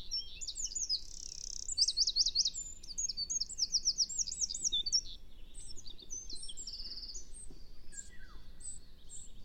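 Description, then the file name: Eurasian wren, a burst of very high, rapid trills and looping warbled phrases, sharp and metallic, over a steady low rumble of background noise. "Troglodytes troglodytes"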